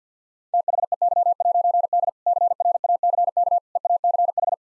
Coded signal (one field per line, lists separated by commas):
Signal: Morse code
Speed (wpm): 50 wpm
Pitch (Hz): 700 Hz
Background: none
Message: THEY'D CRACK EACH